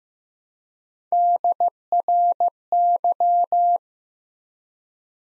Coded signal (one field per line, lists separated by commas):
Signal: Morse code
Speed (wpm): 15 wpm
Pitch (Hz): 700 Hz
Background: none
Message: DRY